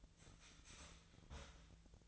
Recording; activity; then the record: daily activity, microphone in the room; start toaster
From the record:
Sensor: 3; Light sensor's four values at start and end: 32/79/34/36 and 32/79/34/36